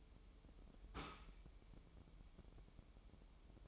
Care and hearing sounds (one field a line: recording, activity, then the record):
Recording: daily activity, microphone in the room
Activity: take from stove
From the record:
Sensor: 1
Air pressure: 988.3 hPa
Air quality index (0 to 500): 202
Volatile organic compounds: 1000 ppm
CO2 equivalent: 5399 ppm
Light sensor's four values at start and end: 27/98/37/39 and 27/98/37/39